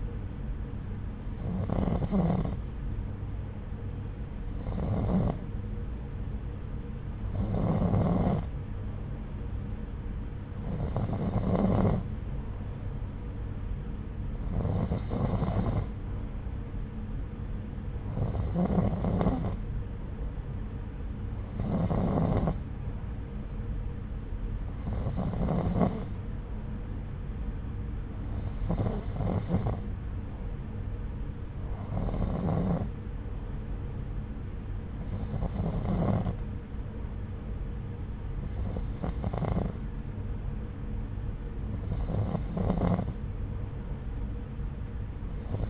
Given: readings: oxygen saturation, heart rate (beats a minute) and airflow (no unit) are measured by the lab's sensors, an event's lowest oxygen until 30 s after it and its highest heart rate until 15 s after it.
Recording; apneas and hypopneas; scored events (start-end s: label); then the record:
breathing in sleep by a smartphone at the bedside; none
none scored
From the record:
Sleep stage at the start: N2 (light sleep); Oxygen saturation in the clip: 90 to 92%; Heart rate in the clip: 66 to 73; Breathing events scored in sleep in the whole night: 303 in 8.1 hours asleep